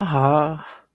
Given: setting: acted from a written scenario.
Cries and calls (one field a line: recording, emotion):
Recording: vocal sound without words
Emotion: disappointment